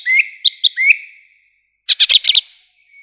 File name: дрозд певчий